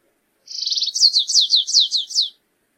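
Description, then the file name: Stripe-tailed yellow finch song, high and quick: a short buzzy trill, then six clear falling slurs in steady rhythm, with silence around it. "canto do canario rasteiro"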